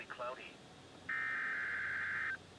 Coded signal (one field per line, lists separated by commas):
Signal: Emergency Alert System (SAME) tones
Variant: header bursts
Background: speech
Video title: Illinois SWA NWR RWT (EAS #69)